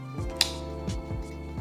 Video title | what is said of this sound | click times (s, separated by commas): Vlog Camera Upgrade (Sony FX3 Unboxing) • 4.8.21 | Satisfying click. | 0.4 s